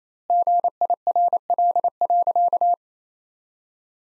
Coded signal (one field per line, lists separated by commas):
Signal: Morse code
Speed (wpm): 28 wpm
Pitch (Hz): 700 Hz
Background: none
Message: GIRL.